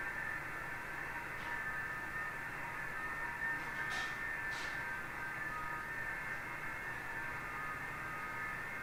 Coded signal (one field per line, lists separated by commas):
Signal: FT8